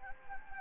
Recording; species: mosquito wingbeat signal from an infrared sensor; Anopheles gambiae